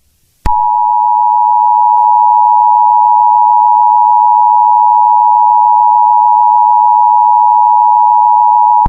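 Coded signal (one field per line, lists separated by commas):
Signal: Emergency Alert System (SAME) tones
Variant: 853 and 960 Hz attention tone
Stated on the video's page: Fictional scenario.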